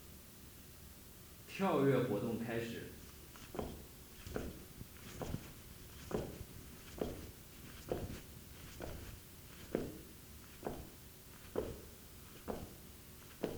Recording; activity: daily activity, guitar pickup as the sensor; jump